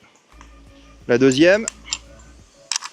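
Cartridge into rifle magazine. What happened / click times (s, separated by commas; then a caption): The second cartridge clicked into the magazine / 2.7 s. A second cartridge is pushed into a rifle magazine while someone talks. A sharp click at 2.7 s shows it has seated like the first.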